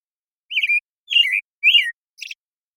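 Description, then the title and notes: American Robin singing a phrase of three clear, slurred whistled notes, falling at the ends, followed by a short higher, thinner note, with silence around them. Morning song in a very long sequence, made with a parabolic recorder and processed clean with natural pacing kept; Pacific Northwest, Washington, United States. "American Robin Morning Song. American Robin, Turdus migratorius, morning song, very long sequence, parabolic recording. Recorded in the beautiful Pacific Northwest, Washington, United States"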